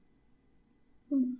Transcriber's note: moaning